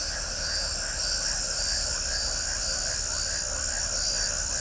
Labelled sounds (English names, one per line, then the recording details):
none
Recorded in shrubland near Pivijay, Magdalena, Colombia, on 3 June 2023 at 21:00
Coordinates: 10.453, -74.365
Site P5-G022